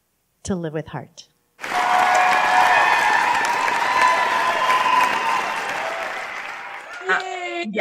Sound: applause

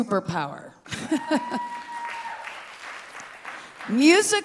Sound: audience cheering

